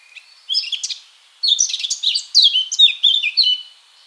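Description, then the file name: Eurasian blackcap song in two bursts: a short warble, a brief pause, then a longer stream of loud, clear fluted and warbling notes. "Sylvia atricapilla"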